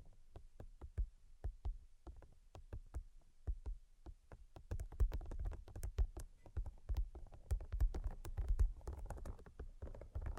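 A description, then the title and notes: Tapping: sharp, dry taps arrive in quick irregular bursts, sparse for the first four seconds and then thicker and faster. Each tap has a soft low thud under a crisp click, and a low rumbling murmur fills the gaps in the second half. ASMR Brain Penetrating 3D Tapping (No Talking).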